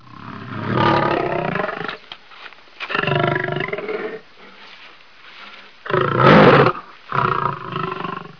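Animal roaring in four heavy, rasping bursts, each lasting about one to two seconds with short pauses between, the third burst the loudest.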